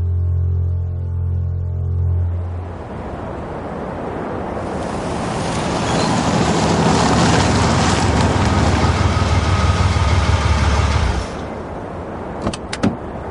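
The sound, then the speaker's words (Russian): A car engine rumbles low, then a loud, steady rush of tyre and wind noise builds as the car drives up to a two-storey hotel among high snowdrifts. It cuts off abruptly as the car stops, followed by a few sharp clicks as the driver gets out. “Я остановил машину, вылез и снял черные очки.”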